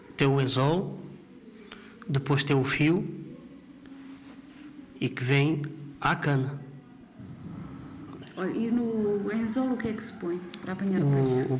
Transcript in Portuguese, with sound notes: tem o anzol, depois tem o fio [pausa] e que vem à cana.
Olhe, e no anzol o que é que se põe, para apanhar o peixe?